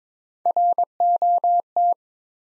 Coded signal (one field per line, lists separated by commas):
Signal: Morse code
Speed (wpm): 22 wpm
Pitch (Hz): 700 Hz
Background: none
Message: ROT